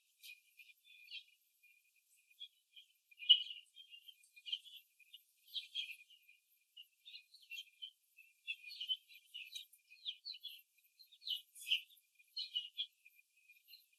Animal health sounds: young laying hens in a cage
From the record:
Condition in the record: after the stressor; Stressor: simulated dog barking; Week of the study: 3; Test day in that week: 1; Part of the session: 1

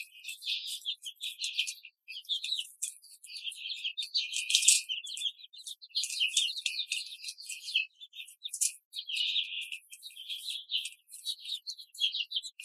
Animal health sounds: young laying hens in a cage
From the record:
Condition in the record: control cage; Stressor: none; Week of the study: 5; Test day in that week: 1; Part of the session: 1

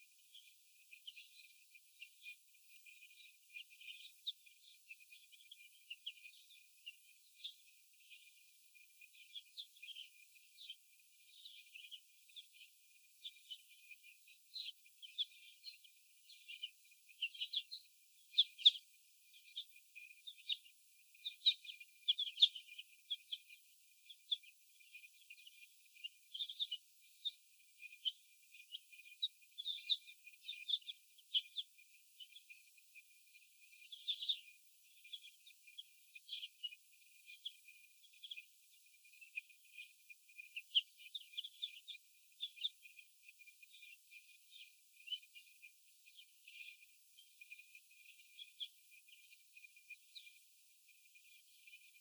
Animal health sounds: young laying hens in a cage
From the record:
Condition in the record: before the stressor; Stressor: sudden umbrella opening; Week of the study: 2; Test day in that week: 1

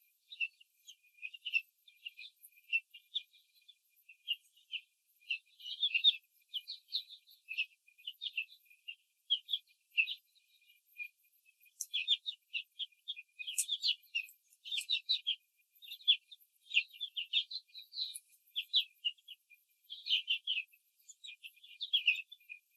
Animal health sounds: young laying hens in a cage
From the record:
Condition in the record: control cage, after the stress test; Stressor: none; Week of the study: 4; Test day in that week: 3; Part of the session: 3

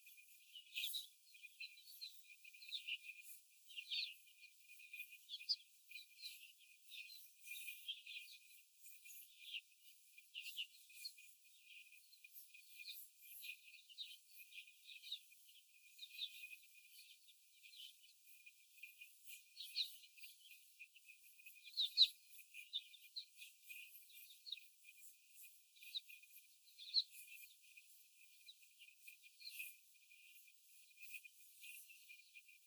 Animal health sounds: young laying hens in a cage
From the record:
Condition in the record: before the stressor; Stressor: simulated dog barking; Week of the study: 4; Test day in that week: 1

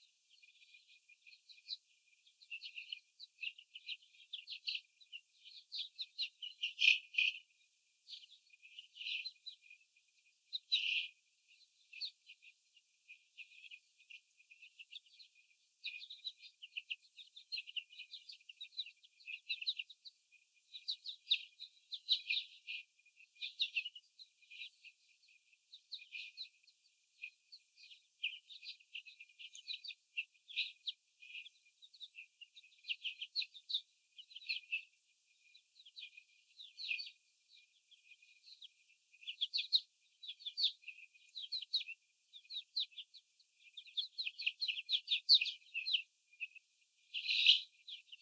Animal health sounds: young laying hens in a cage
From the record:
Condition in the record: after the stressor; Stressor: sudden umbrella opening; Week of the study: 3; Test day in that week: 2

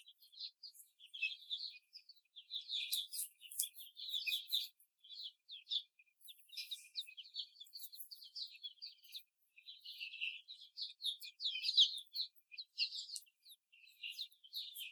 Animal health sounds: young laying hens in a cage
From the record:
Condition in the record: before the stressor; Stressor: simulated dog barking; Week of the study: 4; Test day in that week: 2

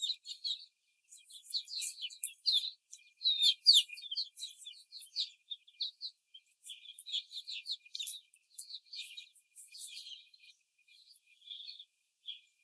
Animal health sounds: young laying hens in a cage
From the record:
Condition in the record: before the stressor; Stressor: simulated dog barking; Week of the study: 4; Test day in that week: 3

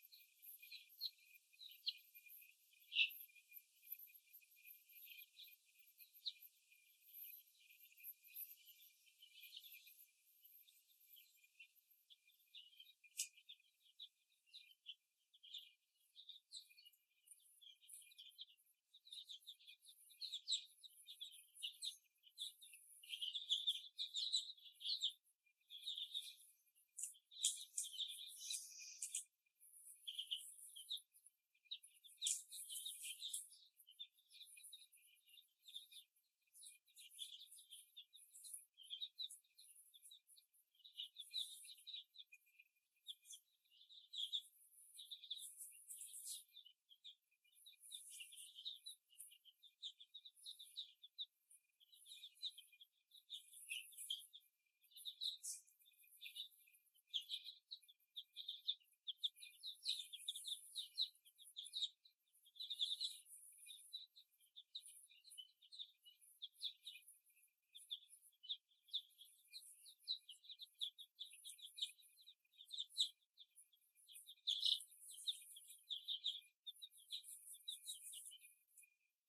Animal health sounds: young laying hens in a cage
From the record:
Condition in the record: after the stressor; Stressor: simulated dog barking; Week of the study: 1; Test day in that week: 2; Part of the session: 3

